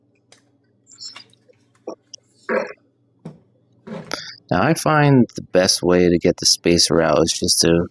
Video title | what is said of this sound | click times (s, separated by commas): Husqvarna String Trimmer Recall ALERT! Don’t Worry—We’ve Got You Covered! | Just give it a firm press down. You'll hear it a little click when it's in place. | 2.1 s